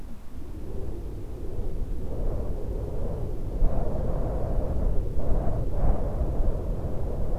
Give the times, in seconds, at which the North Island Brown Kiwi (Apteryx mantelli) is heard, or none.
none